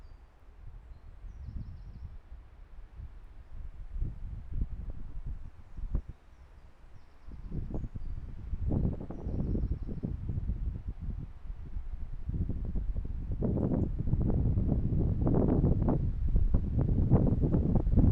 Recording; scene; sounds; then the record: everyday scene through a hearing-aid microphone; wind on the microphone; squally wind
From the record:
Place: parking lot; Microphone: behind the ear, left, front